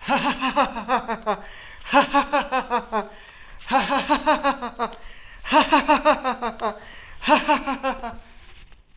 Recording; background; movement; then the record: laughter; quiet; walking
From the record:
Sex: male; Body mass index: 20.6 kg/m2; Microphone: on the chest, facing the body